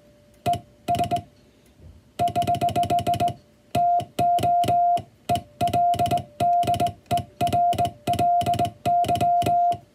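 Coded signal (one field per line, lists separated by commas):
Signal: Morse code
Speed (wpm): 20 wpm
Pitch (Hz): 700 Hz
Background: music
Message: ES <HH> TO ELDERLY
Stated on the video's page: English Morse sending practice for the first-class radiotelegraph operator exam's five-minute sending test, counting characters sent in five minutes.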